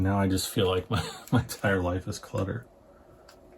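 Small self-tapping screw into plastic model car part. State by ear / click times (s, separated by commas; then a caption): stripped / 3.3 s. Someone talks for about 2.6 seconds while a small self-tapping screw is driven into a plastic part of Fanhome's Build KITT Knight Rider scale model car kit, a die-cast and plastic build. After the talking stops, a short, quiet click at 3.3 s marks the screw slipping in the plastic. The screw has stripped out of the part.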